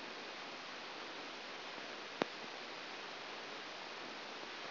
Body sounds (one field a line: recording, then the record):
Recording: brain microelectrode recording played as sound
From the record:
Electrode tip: outside the subthalamic nucleus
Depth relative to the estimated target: -6 mm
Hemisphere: right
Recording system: AlphaMap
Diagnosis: Parkinson's disease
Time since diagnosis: 7 years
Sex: female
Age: 49 years